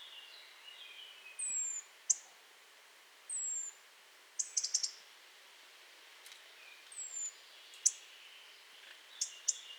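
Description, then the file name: European robin giving thin, high, descending whistled calls at intervals, mixed with sharp ticking notes, some in quick clusters. "Erithacus rubecula"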